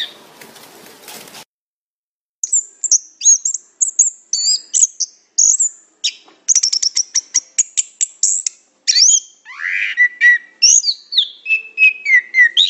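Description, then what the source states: Orange-headed thrush song after a short burst of rustling noise and a silent gap: rapid high whistles and chips, then lower slurred descending notes toward the end. Singing vigorously, described as gacor.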